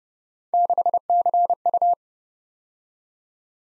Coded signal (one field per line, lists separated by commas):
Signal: Morse code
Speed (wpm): 29 wpm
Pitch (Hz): 700 Hz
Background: none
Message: 6CU